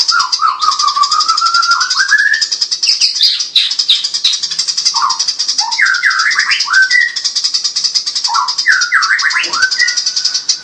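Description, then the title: Eurasian tree sparrow song: dense, rapid high chirping runs without pause, with lower sliding whistled notes rising and falling at intervals. Gacor, a long rolling song ('ngerol panjang'). "Burung Master : Burung Gereja Gacor Ngerol Panjang"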